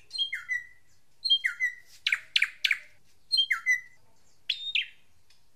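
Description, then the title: Drongo song alternating harsh downslurred whistles and loud raspy grating notes, repeated in short phrases with brief pauses. "Suara Srigunting. Hobiburung"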